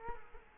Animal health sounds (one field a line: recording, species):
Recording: mosquito wingbeat signal from an infrared sensor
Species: Culex quinquefasciatus